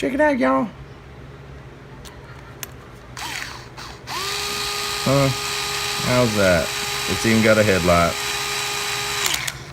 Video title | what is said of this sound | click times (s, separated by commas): Traxxas Slash 2WD Tips and Tricks | you hear it clicking I'm just gonna show y'all I don't only let it go till it clicks being honest with you because I don't trust on that all | 9.3 s, 9.5 s